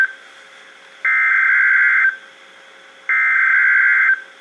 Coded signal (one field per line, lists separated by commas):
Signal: Emergency Alert System (SAME) tones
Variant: header bursts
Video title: Tornado Warning (EAS #2,052-2,054) - April 30, 2019